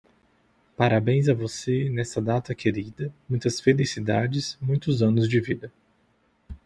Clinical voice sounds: short text; Brazilian Portuguese; male; 30 to 39 years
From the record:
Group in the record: control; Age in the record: 32 years

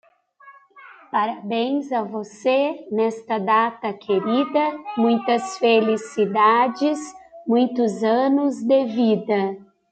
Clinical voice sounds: short text; Brazilian Portuguese; female; 40 to 49 years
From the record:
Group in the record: control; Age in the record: 43 years

